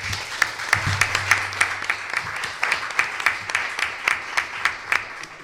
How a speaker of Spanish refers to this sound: Así que muchas gracias, y le vamos a recibir un aplauso y ya que pueda intervenir.